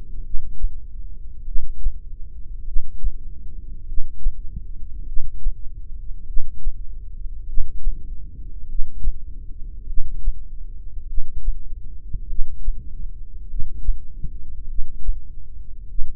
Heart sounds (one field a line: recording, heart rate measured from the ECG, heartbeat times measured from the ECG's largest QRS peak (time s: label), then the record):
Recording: heart sounds by microphone in the left ear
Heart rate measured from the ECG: 50 bpm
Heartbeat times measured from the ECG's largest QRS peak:
0.25 s: heartbeat
1.47 s: heartbeat
2.67 s: heartbeat
3.87 s: heartbeat
5.08 s: heartbeat
6.28 s: heartbeat
7.47 s: heartbeat
8.68 s: heartbeat
9.88 s: heartbeat
11.09 s: heartbeat
12.29 s: heartbeat
13.49 s: heartbeat
14.69 s: heartbeat
15.90 s: heartbeat
From the record:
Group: heart failure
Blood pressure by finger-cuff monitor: 95/57 mmHg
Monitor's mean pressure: 70 mmHg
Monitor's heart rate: 50 bpm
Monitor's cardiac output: 3.9 L/min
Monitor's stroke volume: 78 mL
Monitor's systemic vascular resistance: 1290 dyn s/cm5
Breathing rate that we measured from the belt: 13 breaths a minute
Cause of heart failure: cardiac sarcoid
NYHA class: 1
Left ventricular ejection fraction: 39%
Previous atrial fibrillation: present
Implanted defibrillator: present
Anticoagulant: apixaban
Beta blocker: carvedilol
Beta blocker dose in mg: 50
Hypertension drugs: ramipril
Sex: male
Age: 79 years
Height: 184 cm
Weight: 92.5 kg